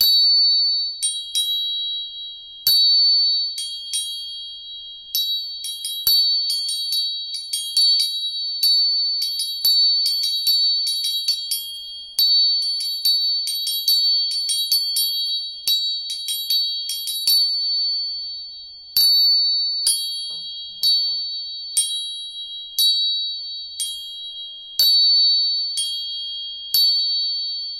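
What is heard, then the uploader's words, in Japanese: Three tuning forks are struck again and again, each hit a sharp metallic tap followed by a pure, high ringing tone that hangs on and slowly fades. The strikes come quickly and densely in the middle, then space out to every couple of seconds toward the end. 音叉チューニング3本。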